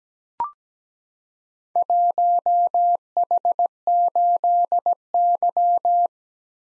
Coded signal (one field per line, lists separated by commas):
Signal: Morse code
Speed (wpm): 17 wpm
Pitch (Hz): 700 Hz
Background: none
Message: 1H8Y